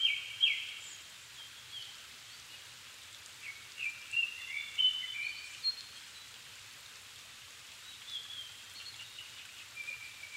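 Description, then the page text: Japanese thrush delivers short whistled phrases of quick notes, separated by gaps, then quieter phrases late on, over background hiss. Recorded 7 May 2011 at 17:59 in the evening, at 270 m altitude, with a Sony PCM-D50 and Panasonic WM-61A mic, in Japan. "kurotugumi 20110507-1759. Turdus cardis [Sounds -Nikko Today-]"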